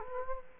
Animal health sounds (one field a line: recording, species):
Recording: mosquito wingbeat signal from an infrared sensor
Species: Culex quinquefasciatus